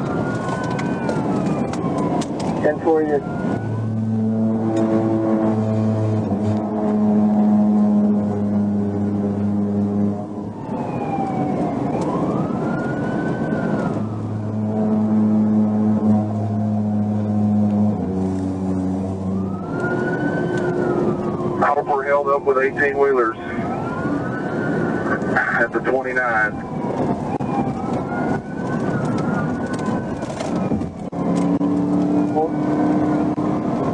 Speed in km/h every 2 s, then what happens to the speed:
124, 124, 116, 114, 113, 114, 118, 118, 113, 111, 113, 111, 113, 111, 113, 124, 137.
0-7 slows to 113. 7-28 steady at about 113. 28-34 speeds up to 137.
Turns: none.